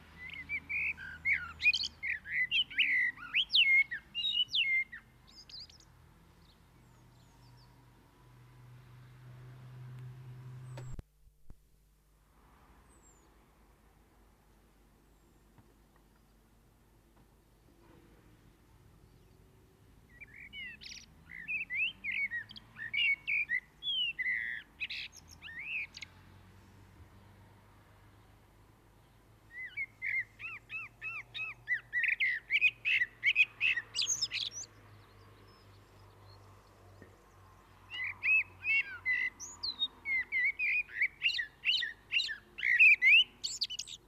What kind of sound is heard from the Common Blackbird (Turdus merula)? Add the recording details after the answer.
song. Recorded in the wild. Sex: male. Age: adult. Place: Kaiserslautern, Rheinland-Pfalz, DE. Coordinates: 49.4284, 7.7788. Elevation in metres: 279. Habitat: garden. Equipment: Nagra IV, Sennheiser MKH 405, Parabolreflektor. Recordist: Tretzel, Erwin